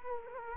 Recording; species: mosquito wingbeat signal from an infrared sensor; Culex quinquefasciatus